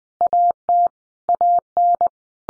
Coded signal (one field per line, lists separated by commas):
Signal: Morse code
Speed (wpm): 20 wpm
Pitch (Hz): 700 Hz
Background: none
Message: AT AN